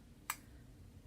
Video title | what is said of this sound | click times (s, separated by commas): Wiggly trumpet valve fix! | now it's locked in now we test it | 0.3 s